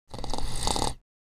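Light, short snoring.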